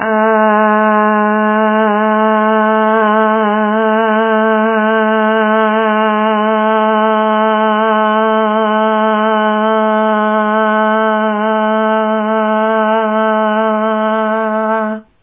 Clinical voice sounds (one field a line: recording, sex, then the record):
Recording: sustained vowel /a/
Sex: female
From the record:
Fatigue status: no fatigue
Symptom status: asymptomatic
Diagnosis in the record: COVID-19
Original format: 3gp